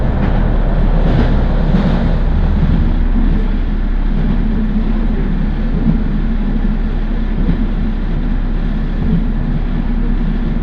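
Inside a train car riding a rural railway line, a steady low rumble and hum fill the space throughout. The loudness stays even, with a slight rattling texture and faint clacks early on, and no clear voices stand out.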